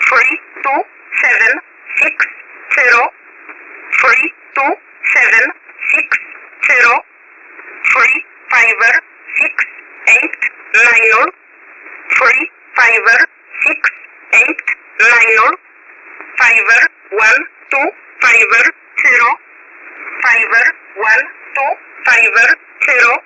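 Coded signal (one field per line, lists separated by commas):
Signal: numbers station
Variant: E11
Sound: voice reading number groups, each group repeated twice, over band-limited shortwave hiss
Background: radio static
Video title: 12229kHz USB Polish Number Station E11 calling 920 (Jun 21, 2026)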